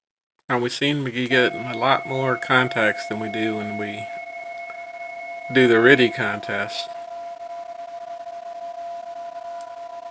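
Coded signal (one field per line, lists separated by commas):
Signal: PSK31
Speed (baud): 31.25 baud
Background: speech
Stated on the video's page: PSK31 from an FTDX10 at 40 watts into a 71 ft end-fed antenna, using FLDIGI.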